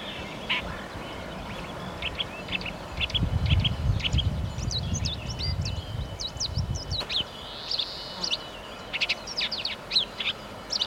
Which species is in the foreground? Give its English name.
Red-backed Shrike